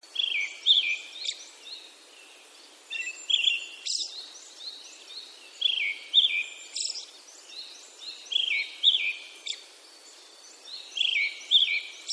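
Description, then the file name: Brown-headed thrush song: short phrases of clear warbled notes ending in thin high twitters, repeated every two to three seconds. "akahara"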